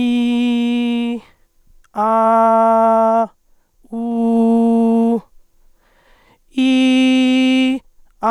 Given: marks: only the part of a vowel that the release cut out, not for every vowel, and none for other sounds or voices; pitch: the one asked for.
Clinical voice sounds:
sustained vowels; male; 20 to 29 years; 1; 1; 1
0.00-1.09 s: vowel /i/, normal pitch
2.07-3.14 s: vowel /a/, normal pitch
4.04-5.10 s: vowel /u/, normal pitch
6.64-7.66 s: vowel /i/, high pitch
From the record:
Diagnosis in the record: functional dysphonia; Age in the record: 22 years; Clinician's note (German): Z.B. Mutationsfistelstimme

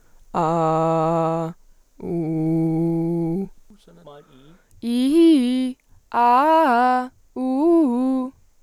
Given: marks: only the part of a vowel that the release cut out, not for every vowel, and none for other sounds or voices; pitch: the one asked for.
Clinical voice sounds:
sustained vowels; female; 18 to 19 years; 0; 0; 0
0.41-1.43 s: vowel /a/, low pitch
2.15-3.28 s: vowel /u/, low pitch
4.88-5.68 s: vowel /i/, low-high-low pitch
6.19-6.98 s: vowel /a/, low-high-low pitch
7.41-8.24 s: vowel /u/, low-high-low pitch
From the record:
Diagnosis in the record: healthy voice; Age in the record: 19 years

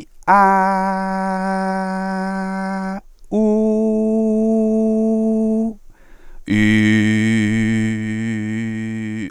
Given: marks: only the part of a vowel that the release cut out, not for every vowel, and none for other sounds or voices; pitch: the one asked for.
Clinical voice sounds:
sustained vowels; male; 20 to 29 years; 0; 0; 0
0.64-2.77 s: vowel /a/, high pitch
3.57-5.48 s: vowel /u/, high pitch
6.91-9.11 s: vowel /i/, low pitch
From the record:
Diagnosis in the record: healthy voice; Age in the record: 25 years

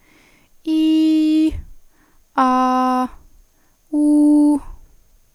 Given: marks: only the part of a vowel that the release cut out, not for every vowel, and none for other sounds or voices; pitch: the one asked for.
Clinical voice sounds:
sustained vowels; female; 20 to 29 years; 0; 0; 0
0.76-1.37 s: vowel /i/, high pitch
2.47-2.99 s: vowel /a/, high pitch
3.97-4.52 s: vowel /u/, high pitch
From the record:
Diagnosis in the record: healthy voice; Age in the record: 26 years

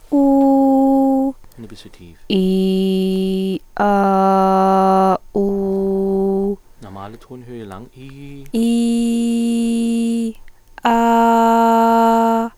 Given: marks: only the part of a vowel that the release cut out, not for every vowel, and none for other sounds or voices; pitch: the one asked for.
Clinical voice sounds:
sustained vowels; female; 20 to 29 years; 1; 0; 1
0.29-1.15 s: vowel /u/, high pitch
8.88-10.06 s: vowel /i/, low pitch
11.16-12.25 s: vowel /a/, low pitch
From the record:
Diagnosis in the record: recurrent laryngeal nerve paralysis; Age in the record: 24 years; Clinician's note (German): Zustand nach partieller links (gering eingeschränkt), jetzt allerdings vollkommen symmetrisches Schwingungsbild

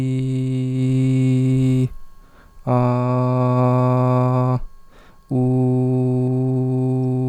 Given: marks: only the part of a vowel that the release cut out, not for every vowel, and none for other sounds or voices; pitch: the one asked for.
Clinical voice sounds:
sustained vowels; male; 20 to 29 years; 0; 0; 0
0.00-1.74 s: vowel /i/, normal pitch
2.80-4.49 s: vowel /a/, normal pitch
5.40-6.94 s: vowel /u/, normal pitch
From the record:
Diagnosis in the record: healthy voice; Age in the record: 25 years

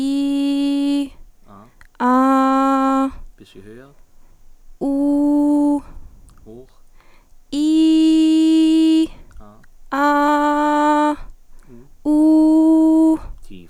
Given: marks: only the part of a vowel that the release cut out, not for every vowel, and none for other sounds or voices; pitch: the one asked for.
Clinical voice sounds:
sustained vowels; female; 20 to 29 years; 0; 0; 0
0.00-0.89 s: vowel /i/, normal pitch
2.21-2.99 s: vowel /a/, normal pitch
4.96-5.66 s: vowel /u/, normal pitch
7.64-8.94 s: vowel /i/, high pitch
10.08-11.03 s: vowel /a/, high pitch
12.14-13.06 s: vowel /u/, high pitch
From the record:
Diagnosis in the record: healthy voice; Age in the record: 20 years

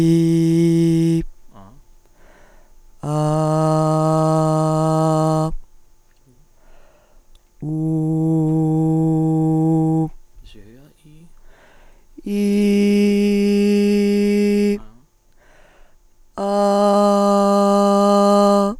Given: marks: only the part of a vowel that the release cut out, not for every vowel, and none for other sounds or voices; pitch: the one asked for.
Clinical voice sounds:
sustained vowels; female; 20 to 29 years; 2; 2; 0
0.00-1.08 s: vowel /i/, normal pitch
3.22-4.43 s: vowel /a/, normal pitch
7.89-9.83 s: vowel /u/, normal pitch
12.47-13.78 s: vowel /i/, high pitch
16.75-18.57 s: vowel /a/, high pitch
From the record:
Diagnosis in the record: psychogenic dysphonia, hyperfunctional dysphonia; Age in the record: 29 years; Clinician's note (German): Zweitaufnahme nach logop. Therapie

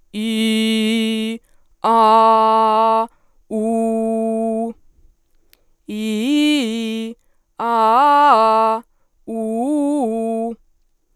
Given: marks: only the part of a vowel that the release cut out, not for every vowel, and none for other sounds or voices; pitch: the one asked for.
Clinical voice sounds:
sustained vowels; female; 20 to 29 years; 0; 0; 0
0.25-1.21 s: vowel /i/, low pitch
1.95-2.97 s: vowel /a/, low pitch
3.65-4.59 s: vowel /u/, low pitch
6.00-6.97 s: vowel /i/, low-high-low pitch
7.68-8.71 s: vowel /a/, low-high-low pitch
9.37-10.41 s: vowel /u/, low-high-low pitch
From the record:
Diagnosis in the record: healthy voice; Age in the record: 20 years

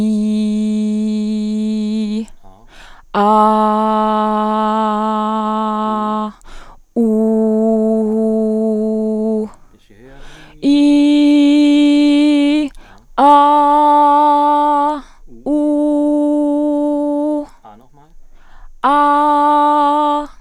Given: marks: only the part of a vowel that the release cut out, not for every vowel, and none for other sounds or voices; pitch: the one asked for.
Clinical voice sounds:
sustained vowels; female; 30 to 39 years; 0; 0; 0
0.00-1.98 s: vowel /i/, normal pitch
3.92-5.87 s: vowel /a/, normal pitch
7.21-8.97 s: vowel /u/, normal pitch
10.79-12.50 s: vowel /i/, high pitch
15.63-17.28 s: vowel /u/, high pitch
18.99-19.92 s: vowel /a/, high pitch
From the record:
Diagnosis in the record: hyperfunctional dysphonia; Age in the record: 31 years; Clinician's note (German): Ponogen

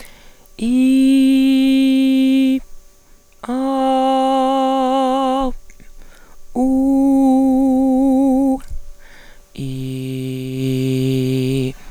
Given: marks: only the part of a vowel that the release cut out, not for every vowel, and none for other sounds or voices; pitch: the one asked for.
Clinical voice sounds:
sustained vowels; female; 50 to 59 years; 2; 2; 2
0.88-2.39 s: vowel /i/, high pitch
3.92-5.34 s: vowel /a/, high pitch
6.91-8.36 s: vowel /u/, high pitch
10.64-11.52 s: vowel /i/, low pitch
From the record:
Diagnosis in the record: dysodia (singing voice disorder); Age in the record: 50 years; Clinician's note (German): Ausgebildete Gesangsstimme

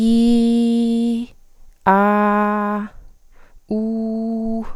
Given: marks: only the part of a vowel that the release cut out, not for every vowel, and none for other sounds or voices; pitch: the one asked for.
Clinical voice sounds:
sustained vowels; female; 20 to 29 years; 0; 0; 0
0.00-1.09 s: vowel /i/, normal pitch
1.98-2.76 s: vowel /a/, normal pitch
3.81-4.57 s: vowel /u/, normal pitch
From the record:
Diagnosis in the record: healthy voice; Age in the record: 22 years

